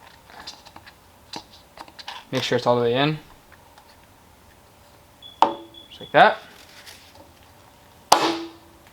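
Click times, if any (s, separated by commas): 8.1 s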